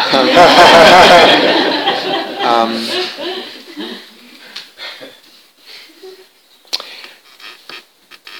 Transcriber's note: laughter